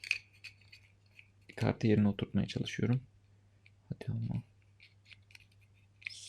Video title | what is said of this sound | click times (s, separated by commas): Insta360 Ace Pro Batarya Şarj cihazı tamiri, tamirat - Ölümsüzleştirme, Soğutma sistemi ekledim | sanırım oturdu Evet şu an kart yerine oturdu | 6.1 s